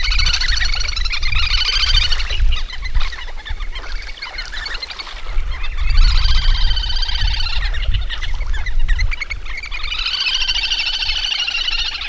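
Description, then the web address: Little grebe whinnying trill in three bursts, each a quick, high, bubbling run, with a low rumble underneath. "agykontroll Madardalok Cd 3. Kis vöcsök"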